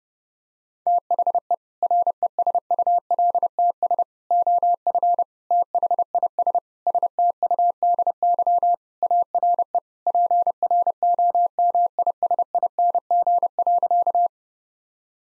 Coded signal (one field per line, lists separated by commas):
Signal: Morse code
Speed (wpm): 30 wpm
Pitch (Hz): 700 Hz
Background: none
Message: THE RESULTS OF THIS STUDY ARE PROMISING.